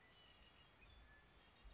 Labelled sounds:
Red-winged Blackbird
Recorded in Sonoma County, California

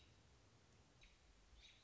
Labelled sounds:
American Robin
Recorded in Sonoma County, California

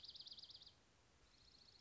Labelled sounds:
Dark-eyed Junco
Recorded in Sonoma County, California

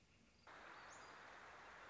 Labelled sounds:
Northern Flicker
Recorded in Sonoma County, California

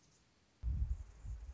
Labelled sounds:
Anna's Hummingbird
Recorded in Sonoma County, California

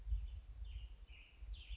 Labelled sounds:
American Robin
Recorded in Sonoma County, California

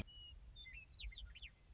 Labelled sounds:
Western Meadowlark
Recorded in Sonoma County, California

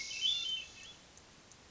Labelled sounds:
Hermit Thrush
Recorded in Sonoma County, California

